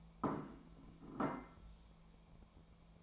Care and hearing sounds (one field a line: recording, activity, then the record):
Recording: daily activity, microphone in the room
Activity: place plate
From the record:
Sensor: 1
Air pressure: 1000.3 hPa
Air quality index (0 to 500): 143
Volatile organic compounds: 3 ppm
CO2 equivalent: 1343 ppm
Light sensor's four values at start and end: 29/73/31/37 and 29/73/31/37